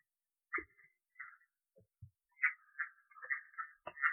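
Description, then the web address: Red-eyed tree frog giving brief chuck-like notes, sparse at first then bunching into quick clusters, with a few soft low thuds. "phyllomedusidae Agalychnis-callidryas"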